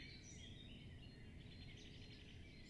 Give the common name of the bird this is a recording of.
Great Spotted Woodpecker